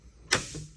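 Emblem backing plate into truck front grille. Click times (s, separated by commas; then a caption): 0.3 s. A plastic emblem backing plate is lined up on the front grille of a 2019–2023 RAM 2500/3500 truck, part of a Laramie-to-Longhorn grille swap, and given a quick push. A sharp, bright click at 0.3 seconds is followed by a short, low ring as it fades. The backing plate seats into the grille.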